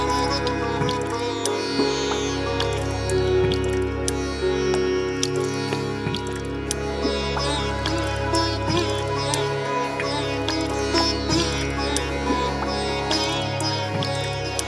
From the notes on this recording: waterdrops, mic dives, synths, sitar